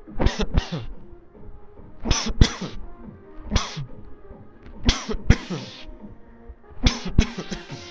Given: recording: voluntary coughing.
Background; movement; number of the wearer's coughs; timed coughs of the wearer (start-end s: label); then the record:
music; walking; 10
0.17-0.52 s: cough
0.52-0.89 s: cough
2.02-2.35 s: cough
2.40-2.79 s: cough
3.48-3.87 s: cough
4.82-5.22 s: cough
5.28-5.66 s: cough
6.80-7.13 s: cough
7.18-7.47 s: cough
7.50-7.82 s: cough
From the record:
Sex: male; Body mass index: 20.5 kg/m2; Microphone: on the chest, facing the body